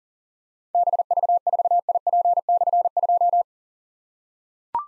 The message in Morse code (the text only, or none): BV4IP/2